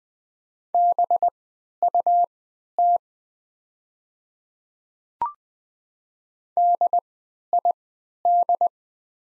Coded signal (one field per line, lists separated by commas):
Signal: Morse code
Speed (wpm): 20 wpm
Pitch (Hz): 700 Hz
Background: none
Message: BUT DID